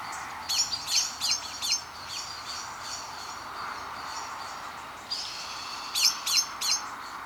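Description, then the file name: Common blackbird calls: sharp, high chinking notes in a run of about five, a pause, then a few more, over a constant hiss. "Turdus merula"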